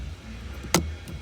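A throttle controller's plastic wiring connector is plugged into the accelerator pedal harness plug and its red locking tab is pushed home. A single sharp click at 0.7 s stands out over a low steady hum, followed by a much fainter tick at 1.1 s. The connector is confirmed locked in place.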